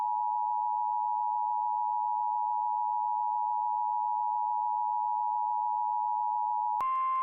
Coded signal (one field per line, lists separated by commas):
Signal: Emergency Alert System (SAME) tones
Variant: 853 and 960 Hz attention tone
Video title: IP - REQUIRED WEEKLY TEST - NO EAS